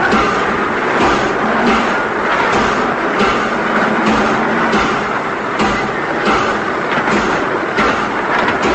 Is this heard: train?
yes